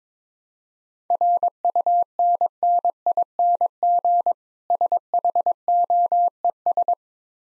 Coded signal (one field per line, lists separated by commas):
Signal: Morse code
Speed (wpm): 22 wpm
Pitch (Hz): 700 Hz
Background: none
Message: RUNNING SHOES